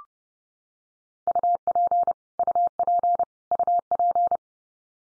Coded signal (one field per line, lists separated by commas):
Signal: Morse code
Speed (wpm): 30 wpm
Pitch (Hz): 700 Hz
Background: none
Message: UP UP UP